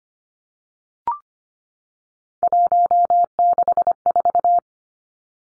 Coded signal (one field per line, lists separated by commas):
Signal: Morse code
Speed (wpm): 25 wpm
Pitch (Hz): 700 Hz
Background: none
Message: 164